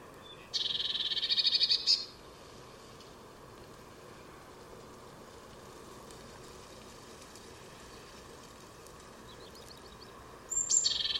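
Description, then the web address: Bird call: a short buzzy, chattering series of high notes lasting about one and a half seconds, then quiet, with another burst starting near the end. "Deverinetal 2025 File origin Bird Only Cy Ca"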